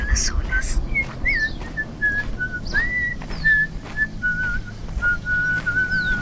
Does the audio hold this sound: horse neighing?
no